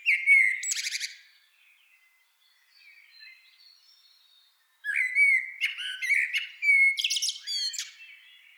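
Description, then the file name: Common blackbird song: a mellow fluted phrase ending in a high squeaky twitter, a pause with faint birdsong, then a longer warbling phrase with more high twittering. "Turdus merula"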